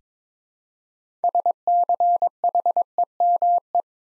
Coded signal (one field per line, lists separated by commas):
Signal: Morse code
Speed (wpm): 22 wpm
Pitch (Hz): 700 Hz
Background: none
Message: SCHEME